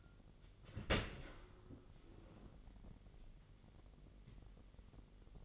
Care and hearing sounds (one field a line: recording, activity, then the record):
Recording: daily activity, microphone in the room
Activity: open dishwasher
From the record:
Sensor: 4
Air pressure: 999.1 hPa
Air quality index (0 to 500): 123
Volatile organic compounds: 2 ppm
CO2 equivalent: 1207 ppm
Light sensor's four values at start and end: 8/19/7/8 and 7/17/7/7